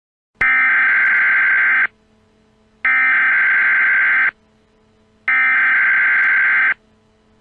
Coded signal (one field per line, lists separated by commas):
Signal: Emergency Alert System (SAME) tones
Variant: header bursts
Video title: EAS Erie, PA Scenario- The Terror After the Storm